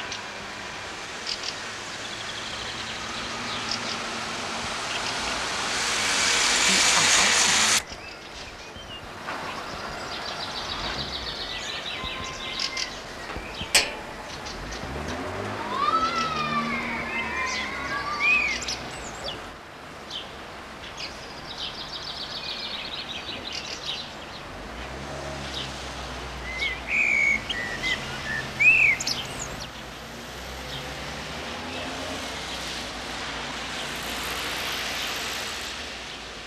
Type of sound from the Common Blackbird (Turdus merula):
song